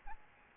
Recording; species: mosquito wingbeat signal from an infrared sensor; Aedes albopictus